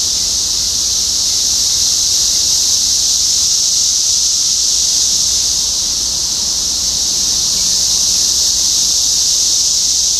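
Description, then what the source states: Cicadas keep up a constant, piercing hiss-like drone. Cicadas in Topeka, Kansas, on 14 June 2015.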